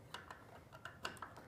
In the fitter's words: so i'll grab it and then use two hands to install it make sure you hear that click when it gets installed